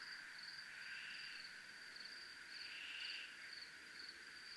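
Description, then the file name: Cricket trilling in a steady, unbroken high-pitched ringing, with soft, swelling buzzy bursts from other callers rising and fading beneath it. Crickets recorded in a military zone. "zona militar crickets"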